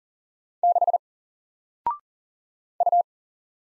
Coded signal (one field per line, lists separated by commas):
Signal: Morse code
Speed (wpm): 39 wpm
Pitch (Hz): 700 Hz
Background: none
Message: 6 U